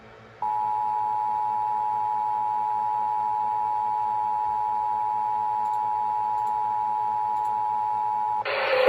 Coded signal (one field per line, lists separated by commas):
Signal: Emergency Alert System (SAME) tones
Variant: 853 and 960 Hz attention tone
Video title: Grand Rapids SVR (EAS #93)